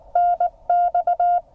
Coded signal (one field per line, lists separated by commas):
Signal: Morse code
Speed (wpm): 16 wpm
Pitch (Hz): 690 Hz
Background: none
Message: NX